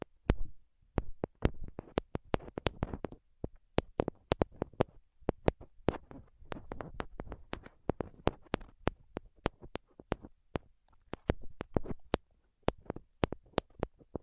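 Sharp tapping repeats throughout, crisp clicks landing several times a second in uneven bursts, with brief pauses between clusters. Softer rustling and low thumps fill the gaps between taps. No voice is heard.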